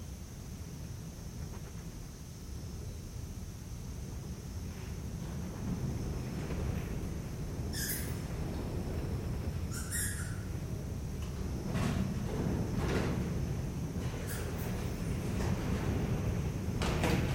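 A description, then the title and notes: A steady low rumble fills the whole stretch, slowly growing louder toward the end. Short squeals cut through around eight and ten seconds, with more sharp scuffling bursts near twelve, thirteen and seventeen seconds, over a thin constant high whine. Cave sounds - Bats in the cenote. Occasionally there will be audible squeals and even a quick scuffle.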